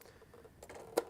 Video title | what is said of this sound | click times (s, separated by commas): Live: Testing the HP Sprocket Studio Plus Printer (Take 2!) | okay it doesn't really click there it goes okay let's give it a good good push in there | 1.0 s